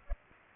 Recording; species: mosquito wingbeat signal from an infrared sensor; Culex pipiens